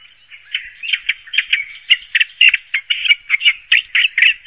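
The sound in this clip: Bird giving harsh, buzzy chattering notes in quick uneven bursts, starting softly and growing louder after the first half second.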